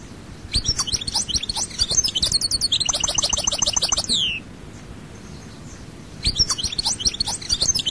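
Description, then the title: European goldfinch song, fast tinkling twitters building into buzzy repeated trills and a falling slur, then silence before a fresh twittering phrase begins. "Chant Chardonneret"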